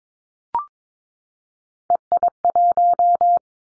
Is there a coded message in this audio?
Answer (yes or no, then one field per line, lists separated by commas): yes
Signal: Morse code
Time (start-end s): 1.9-3.4 s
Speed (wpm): 22 wpm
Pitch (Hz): 700 Hz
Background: none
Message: EI1